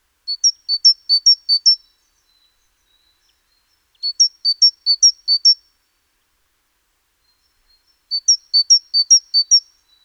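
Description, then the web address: Great tit singing three evenly spaced strophes, each of four or five sharp two-note pairs, with quiet gaps between them. "SETE data Parus major"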